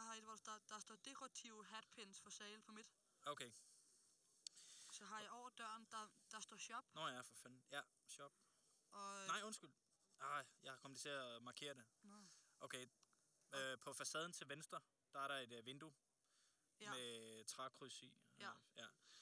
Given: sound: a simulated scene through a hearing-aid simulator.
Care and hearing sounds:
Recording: conversation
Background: quiet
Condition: 75 dB SPL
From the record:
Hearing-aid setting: IV (slow-acting compression, loudness normalization)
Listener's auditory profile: D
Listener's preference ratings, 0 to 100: 96, 96, 99

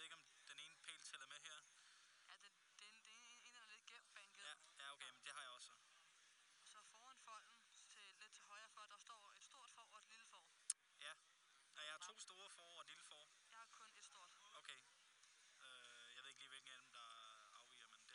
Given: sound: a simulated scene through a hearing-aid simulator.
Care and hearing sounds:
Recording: conversation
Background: quiet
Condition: 55 dB SPL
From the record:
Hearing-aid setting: I (fast-acting compression, audibility-based gain)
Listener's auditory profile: C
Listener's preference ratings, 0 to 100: 10, 1, 11

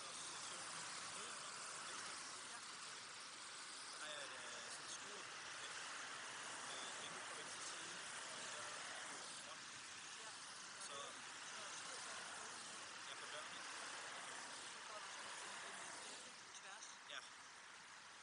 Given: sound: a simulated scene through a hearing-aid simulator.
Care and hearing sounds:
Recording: conversation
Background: traffic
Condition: -6 dB SNR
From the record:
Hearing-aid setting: anchor resembling a broken hearing aid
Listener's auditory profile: A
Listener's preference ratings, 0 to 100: 0, 0, 0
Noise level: 75 dB SPL

